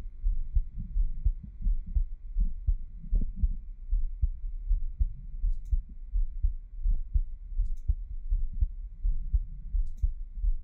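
Soft, low, muffled thumps repeat at about 83 beats a minute in a fairly steady rhythm. This is an adult heartbeat picked up through the chest with a radio device, with a faint steady hum and a few light clicks in the background.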